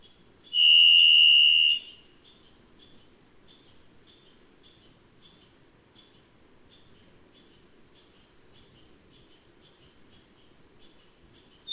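Varied thrush: one steady, buzzy high whistle of just over a second, followed by many faint, quick high ticks.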